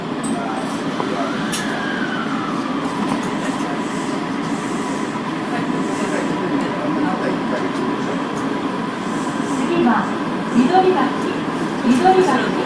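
A subway train on Osaka's Imazatosuji line runs with a steady low rumble and a rising whine, and short tonal chimes sound near the end.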